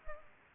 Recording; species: mosquito wingbeat signal from an infrared sensor; Culex pipiens